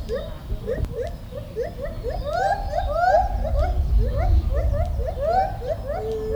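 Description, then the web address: White-handed gibbon calling: a rapid series of rising, whooping notes, some longer and swooping, over a low rumble. Captive animal at a zoo in Debrecen, Hungary, 2012; vocalising bout; recorded with a Marantz recorder and shotgun microphone. "debrecenizoo 2012 premium feherkezugibbon"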